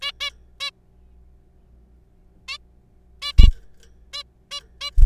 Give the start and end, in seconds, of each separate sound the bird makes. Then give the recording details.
0.02-0.11, 0.21-0.30, 0.60-0.70, 2.48-2.58, 3.22-3.32, 3.38-3.48, 4.13-4.23, 4.51-4.61, 4.81-4.91. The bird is a juvenile. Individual R3428